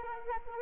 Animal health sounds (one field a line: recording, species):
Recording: mosquito wingbeat signal from an infrared sensor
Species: Anopheles arabiensis